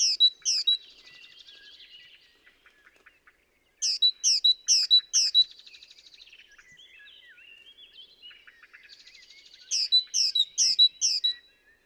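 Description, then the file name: Great tit calls in bursts of sharp, high, repeated notes, separated by pauses, with soft twittering between them. "Parus major"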